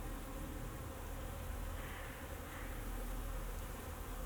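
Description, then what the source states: Bees giving a continuous low humming buzz over a steady rumbling background. Bees flying around the recordist in Jacques Brelpark, Kersbeeklaan, Vorst, Belgium; train in the background; recorded binaurally with a Sennheiser Ambeo binaural headset.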